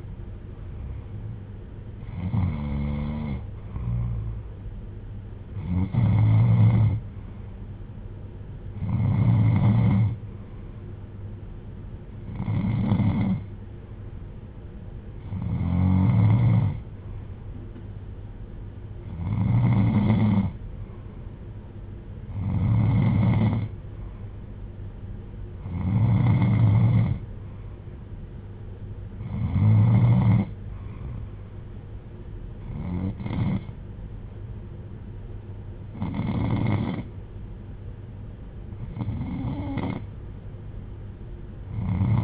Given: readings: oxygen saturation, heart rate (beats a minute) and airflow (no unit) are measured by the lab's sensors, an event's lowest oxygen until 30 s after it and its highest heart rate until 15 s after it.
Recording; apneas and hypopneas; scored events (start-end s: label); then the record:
breathing in sleep by a smartphone at the bedside; none
none scored
From the record:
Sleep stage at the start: N2 (light sleep); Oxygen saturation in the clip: 93 to 95%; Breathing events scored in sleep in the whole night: 310 in 8.1 hours asleep